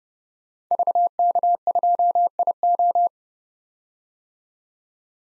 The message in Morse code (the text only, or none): VK2IO